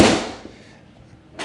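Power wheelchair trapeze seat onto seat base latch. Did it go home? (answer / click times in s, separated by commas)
no / none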